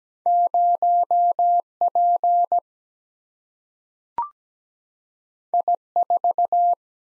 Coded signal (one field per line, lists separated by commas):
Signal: Morse code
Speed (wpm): 17 wpm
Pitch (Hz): 700 Hz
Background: none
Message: 0 P I 4